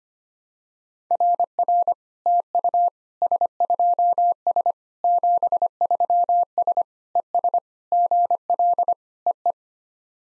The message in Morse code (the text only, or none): RR TU S2S 73S ES GL EE